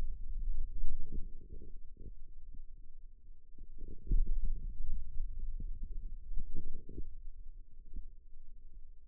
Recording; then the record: forearm muscle sounds (acoustic myography)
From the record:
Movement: pen grasping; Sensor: system 2, bracelet of six BSWA MPA416 microphones around the upper forearm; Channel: 2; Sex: male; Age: 22 years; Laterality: right